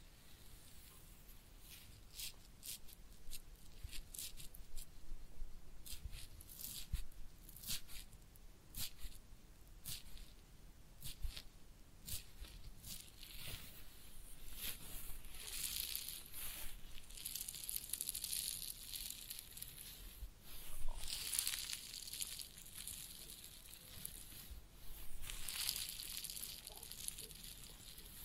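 Head massage and ear cleaning: a dense run of crisp scratching and rubbing, full of quick sharp crackles and bright hiss. Wet, squishy touches mix in, with louder bursts around 6–9 seconds and again near 21 and 25 seconds.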